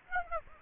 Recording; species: mosquito wingbeat signal from an infrared sensor; Aedes aegypti